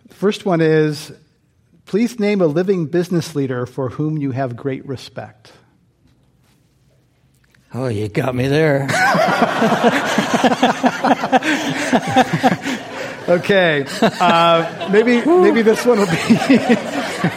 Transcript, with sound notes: First one is, please name a living business leader for whom you have great respect?
Oh, you got me there.
[Laughter]
Okay. Maybe this one will be